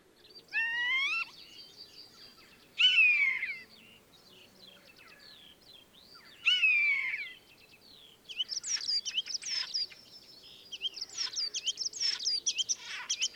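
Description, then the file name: Common starling song, three clear whistled phrases, then a chattering run of rattles, clicks and buzzy notes. "life dviete. sturnus vulgaris"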